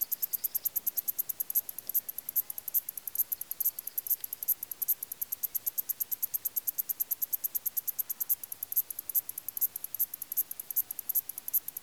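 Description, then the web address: Cricket chirping in a steady, fast stream of high, thin pulses, several per second, over a soft background hiss. Countryside crickets recorded in Greece. "BBC Sound Effects Library (Greece) Countrysde crikets"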